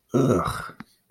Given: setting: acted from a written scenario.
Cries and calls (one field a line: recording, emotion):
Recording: vocal sound without words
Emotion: disgust